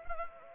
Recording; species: mosquito wingbeat signal from an infrared sensor; Anopheles gambiae